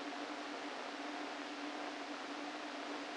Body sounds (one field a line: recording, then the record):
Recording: brain microelectrode recording played as sound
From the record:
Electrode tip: inside the subthalamic nucleus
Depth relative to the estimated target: 0 mm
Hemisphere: left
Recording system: NeuroSet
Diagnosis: Parkinson's disease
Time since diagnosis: 13 years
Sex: male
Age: 49 years